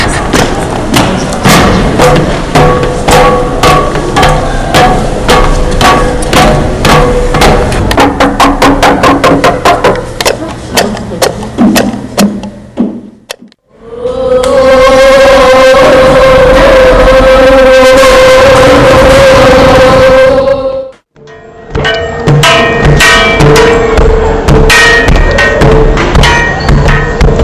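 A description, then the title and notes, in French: A sound experiment at the Kunsthalle: rapid, regular clicks and taps run through the first half, quickening toward thirteen seconds before a brief drop to silence. A loud, sustained whirring drone with a steady mid-pitched whine follows, then the clattering ticks return until the end. Expérience sonore à la Kunsthalle. Nous avons enregistré des sons dans le bâtiment de La Fonderie (qui accueille un centre d'art contemporain et une université). Les sons ont ensuite été montés pour réaliser une bande sonore.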